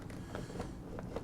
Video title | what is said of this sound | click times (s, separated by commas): Ninja Mega Kitchen System Blender - Product Review | try to put this with the handle in the back it won't lock in the | none